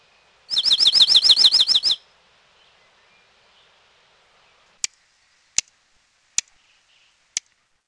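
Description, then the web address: Dark-eyed Junco giving one fast, even trill lasting under two seconds, followed by four sharp, separate clicks. "Peterson North American Birds iso sound deju"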